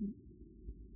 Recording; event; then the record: neck accelerometer signal played as sound; no cough (speech, laughter, throat clearing or background)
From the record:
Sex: male